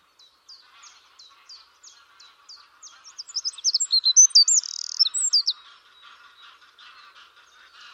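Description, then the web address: Bird calls: a run of short, high descending chirps about every third of a second, then a louder burst of varied whistled and trilled notes, fading back to soft chirps. "cianscape birddata Deverinetal 2025"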